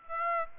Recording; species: mosquito wingbeat signal from an infrared sensor; Aedes aegypti